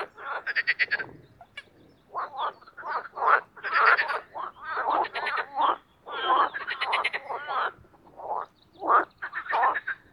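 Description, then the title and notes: Marsh frogs giving rapid rattling croak series and shorter gulping notes, with several frogs calling and brief quiet gaps. Spring mating chorus in an artificial pond created for water activities at Parc Chédeville, Oise; after a cold night. "au Parc Chédeville dans l'Oise. des grenouilles rieuses"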